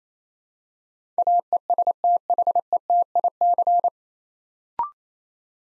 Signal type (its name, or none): Morse code